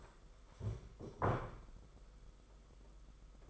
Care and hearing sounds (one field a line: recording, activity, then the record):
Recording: daily activity, microphone in the room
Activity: stand up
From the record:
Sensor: 5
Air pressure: 991.8 hPa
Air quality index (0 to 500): 144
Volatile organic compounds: 143 ppm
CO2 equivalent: 3992 ppm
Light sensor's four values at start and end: 32/108/40/43 and 32/108/40/43